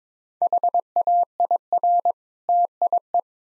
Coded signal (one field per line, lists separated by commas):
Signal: Morse code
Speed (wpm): 22 wpm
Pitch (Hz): 700 Hz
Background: none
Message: HAIR TIE